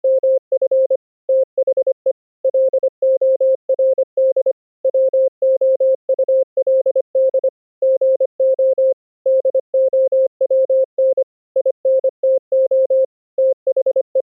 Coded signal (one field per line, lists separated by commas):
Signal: Morse code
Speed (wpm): 25 wpm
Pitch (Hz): 530 Hz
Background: none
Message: MF THE LORD WOULD GO DOWN INTO THE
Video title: Morse Code over ip: Network Tools to evaluate condition of internet 2-way full duplex packet pathway